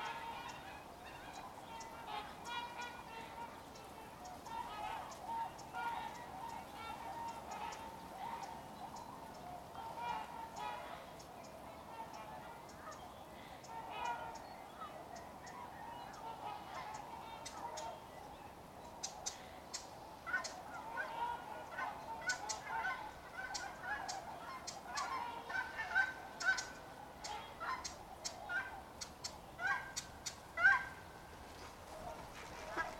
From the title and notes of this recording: Ridgefield Swans. In our soundscape at Ridgefield National Wildlife Refuge, recorded January 30, 2024, we hear two species. In the foreground is the call of the Trumpeter Swan. The Trumpeter sounds like a brassy, oh-OH , while the Tundra sounds more like woo or oo-ou-oo.